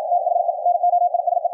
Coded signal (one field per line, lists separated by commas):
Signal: Morse code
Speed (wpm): 53 wpm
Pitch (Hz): 710 Hz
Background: radio noise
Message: THE NOISE